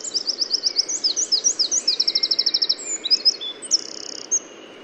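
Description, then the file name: Eurasian wren, a loud, fast song of very high notes, starting with a steady rattle of pulses, then a tight trill and a few buzzy, ringing notes. "Troglodytes troglodytes"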